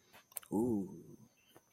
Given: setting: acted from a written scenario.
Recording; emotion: vocal sound without words; desire